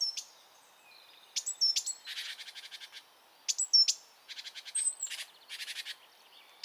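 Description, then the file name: Great tit calling: thin high notes followed by bursts of harsh, buzzy churring, each burst a rapid series of rasping pulses, repeated several times over a quiet background. "Parus major"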